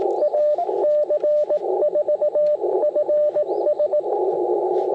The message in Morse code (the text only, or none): AC4FS